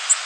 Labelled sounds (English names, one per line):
Golden-cheeked Warbler flight call